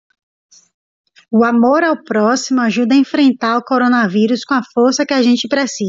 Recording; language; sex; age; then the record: spoken sentence; Brazilian Portuguese; female; 30 to 39 years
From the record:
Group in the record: control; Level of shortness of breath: 0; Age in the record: 35 years